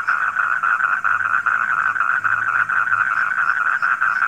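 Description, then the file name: Frogs croaking in a thick chorus, a rough pulsing drone with brief dips, and occasional faint higher peeps behind it. Frogs recorded at night. "suara kodok di malam hari"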